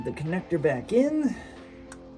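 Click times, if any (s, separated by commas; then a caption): 1.9 s. A wiring harness connector is plugged back onto a new backup (reverse) light switch on a C5 Corvette while someone talks over background music. A short, sharp click at 1.9 s marks the connector seating fully.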